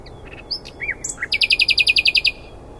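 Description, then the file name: Common nightingale song: a few scattered varied notes, then a fast, even trill of about a dozen loud repeated high notes that stops abruptly. "Luscinia megarhynchos"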